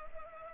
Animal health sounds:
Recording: mosquito wingbeat signal from an infrared sensor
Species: Culex pipiens

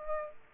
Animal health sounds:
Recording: mosquito wingbeat signal from an infrared sensor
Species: Aedes aegypti

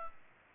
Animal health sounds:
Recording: mosquito wingbeat signal from an infrared sensor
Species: Culex pipiens

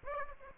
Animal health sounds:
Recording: mosquito wingbeat signal from an infrared sensor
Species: Aedes aegypti

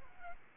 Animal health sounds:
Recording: mosquito wingbeat signal from an infrared sensor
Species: Aedes albopictus

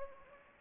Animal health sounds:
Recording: mosquito wingbeat signal from an infrared sensor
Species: Anopheles gambiae

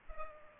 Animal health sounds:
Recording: mosquito wingbeat signal from an infrared sensor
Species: Culex pipiens

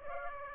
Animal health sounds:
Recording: mosquito wingbeat signal from an infrared sensor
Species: Aedes aegypti

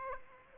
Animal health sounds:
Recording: mosquito wingbeat signal from an infrared sensor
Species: Aedes aegypti

